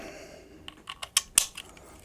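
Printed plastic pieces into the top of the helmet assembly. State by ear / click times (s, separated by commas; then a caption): seated / 1.2 s, 1.4 s. 3D-printed plastic pieces are pushed into place across the top of a Satan's Pit helmet assembly, with a few light ticks before two strong, sharp clicks at 1.2 s and 1.4 s as they seat. The pieces click firmly in.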